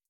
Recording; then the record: hydrophone in a shrimp aquaculture tank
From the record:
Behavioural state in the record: feeding